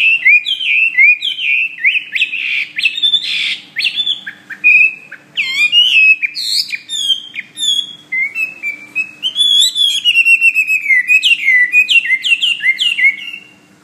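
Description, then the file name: Hwamei singing a rich, continuous stream of loud whistles, sliding notes and rapid repeated trills, with short gaps between phrases and a faint constant hum in the background. "omkicau hwamey"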